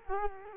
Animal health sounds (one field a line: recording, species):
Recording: mosquito wingbeat signal from an infrared sensor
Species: Culex quinquefasciatus